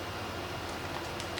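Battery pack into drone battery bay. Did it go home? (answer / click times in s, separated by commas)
no / none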